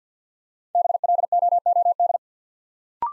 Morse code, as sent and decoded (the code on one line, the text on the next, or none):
-... .-.. --- --- -..
BLOOD